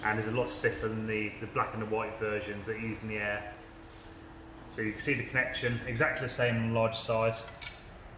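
Someone talks while a duct cleaning rod is handled at the crimped twin-button connection of a 600 mm red, stiffest-bristle rotary brush head, with light handling knocks and rattles under the speech. The rod is meant to be inserted and twisted until it locks, but nothing has seated or clicked yet.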